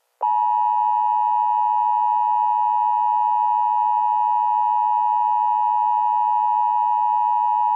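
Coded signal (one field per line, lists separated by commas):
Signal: Emergency Alert System (SAME) tones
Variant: 853 and 960 Hz attention tone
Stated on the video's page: Fictional EAS scenario about a Kentucky coal mine fire.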